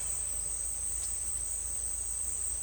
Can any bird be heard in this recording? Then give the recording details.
no. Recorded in dense forest near Puerto Asís, Putumayo, Colombia, on 22 December 2024 at 10:00. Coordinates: 0.482, -76.320. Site G021